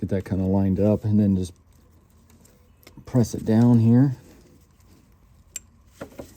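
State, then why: Seated. Someone talks while lining up a plastic wiring harness connector and pressing it down onto an ignition coil during a spark plug replacement on a Ford F-150 5.0 Coyote engine. After a few faint handling taps, the connector gives one sharp click at 5.6 s, followed by softer clicks around 6.0 s. The connector is seated on the coil.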